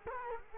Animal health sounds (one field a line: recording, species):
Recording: mosquito wingbeat signal from an infrared sensor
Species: Culex quinquefasciatus